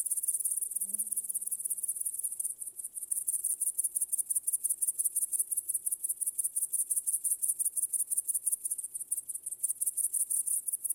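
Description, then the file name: Crickets singing a high-pitched, evenly pulsed chirp about three times per second throughout, with a faint low hum briefly near the start. "świerszcze"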